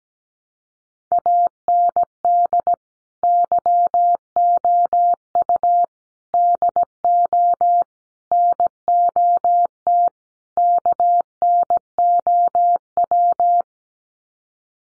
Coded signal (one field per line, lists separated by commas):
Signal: Morse code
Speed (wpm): 17 wpm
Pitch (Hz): 700 Hz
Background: none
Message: AND YOU DO NOT KNOW